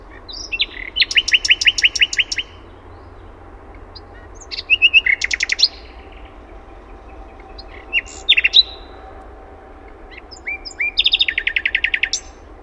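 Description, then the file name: Common nightingale singing: four separate phrases of rapid, rattling trills and sharp high notes, up to about two seconds long, with pauses of about two seconds between them, over a steady low background hum. Own recording, Finland. "ETELAN SATAKIELI"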